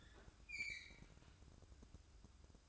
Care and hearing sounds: daily activity, microphone in the room; open fridge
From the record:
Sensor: 2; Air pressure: 1007.6 hPa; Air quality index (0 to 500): 57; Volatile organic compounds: 1 ppm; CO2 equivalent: 586 ppm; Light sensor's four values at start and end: 9/22/9/10 and 9/22/9/10

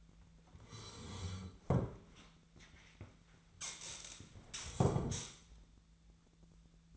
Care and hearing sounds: daily activity, microphone in the room; sit down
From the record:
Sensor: 3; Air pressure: 1007.9 hPa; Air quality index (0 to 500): 191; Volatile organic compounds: 14 ppm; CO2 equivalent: 2451 ppm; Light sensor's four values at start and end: 12/28/12/12 and 12/29/12/12

